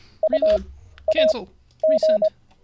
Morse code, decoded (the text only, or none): UAG